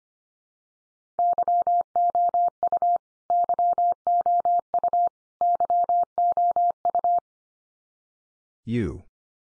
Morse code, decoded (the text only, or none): YOU YOU YOU